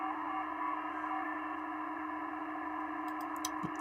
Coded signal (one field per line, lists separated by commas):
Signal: PSK31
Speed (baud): 31.25 baud